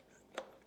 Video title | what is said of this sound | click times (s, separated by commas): "NEW" The Dirt Goat Electric dirt bike unboxing | that on push that button until it pops you hear it pop there good | 0.4 s